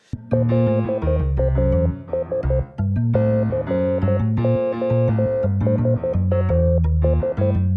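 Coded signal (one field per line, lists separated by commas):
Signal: Morse code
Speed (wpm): 13 wpm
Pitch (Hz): 520 Hz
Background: music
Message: LAS COSAS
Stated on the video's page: Digital Morse sound created through morsecode.world for a music composition.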